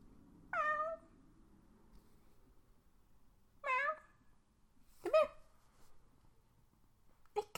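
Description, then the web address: Cat meowing repeatedly, several harmonic meows a few seconds apart, the later ones shorter and choppier, with faint low rumbling at the start. Cat named Cody. "Cody the Cat being Cody the Cat [Some purring][Licking plastic][Some fussing]"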